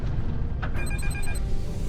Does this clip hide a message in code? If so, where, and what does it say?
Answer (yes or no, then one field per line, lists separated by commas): no